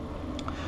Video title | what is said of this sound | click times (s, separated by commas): Bobby's RayBan 7017 Reading Glasses | and push down with my thumbs until it snaps in there | 0.4 s, 0.5 s